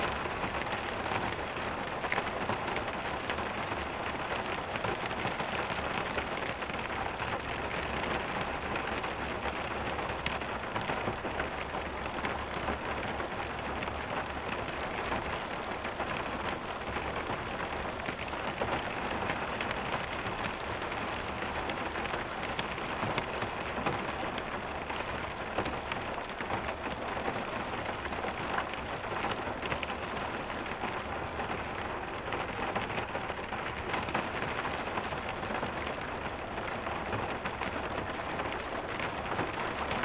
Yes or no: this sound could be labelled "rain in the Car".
yes